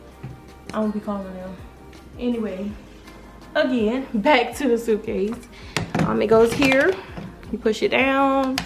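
A latch on a hard-shell suitcase is being handled and pushed down while someone talks over faint background sound. Nothing has seated or clicked yet.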